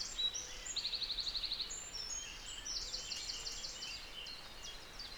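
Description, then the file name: Eurasian wren song: a sharp note leading into a fast, even, high trill, then further quick high phrases over background hiss. "Troglodytes troglodytes"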